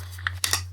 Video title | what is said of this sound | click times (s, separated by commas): CamRepublic ET65B / ET-65B Lens Hood Review for the Canon EF 70-300mm f/4.5-5.6 IS USM | like so pops off | 0.4 s